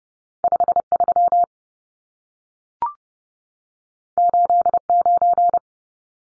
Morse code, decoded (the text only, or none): 53 89